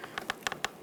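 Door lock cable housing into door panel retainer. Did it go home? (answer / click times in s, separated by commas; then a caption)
no / none. The door lock cable housing on a 2009-2014 Nissan Maxima, handled during front window motor replacement, is lined up and pressed toward its plastic retainer in the door panel. Four short, sharp handling ticks occur at about 0.2, 0.3, 0.5 and 0.6 seconds over a quiet background. Nothing has seated or clicked into place yet.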